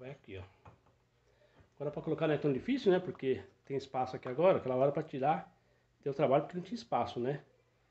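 While rebuilding a Constellation starter motor, someone handles the brush spring latch on the starter motor brush holder as they talk throughout. Only speech and faint handling sounds are heard, and the latch has not seated or clicked yet.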